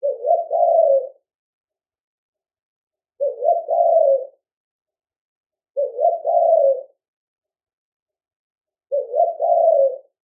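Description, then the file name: Spotted dove cooing: four soft, low phrases, each about a second long, repeated roughly every three seconds with silence between. Australia. "zapsplat animals birds spotted dove call australia"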